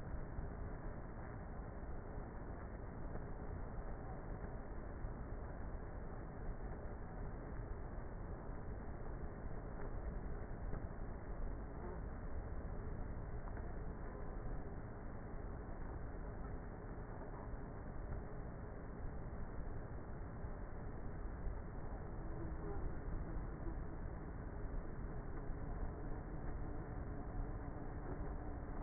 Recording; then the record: honeybee colony, microphone inside the hive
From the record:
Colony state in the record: queenless with a low population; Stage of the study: before two queens were removed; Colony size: about 30,000 bees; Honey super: no